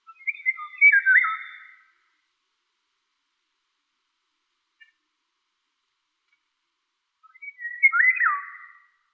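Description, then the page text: Eurasian golden oriole song, two clear flute-like phrases with quick up-down pitch jumps, separated by about five seconds of quiet. "Krzysiek Deoniziak - Обыкновенная иволга (Oriolus oriolus)"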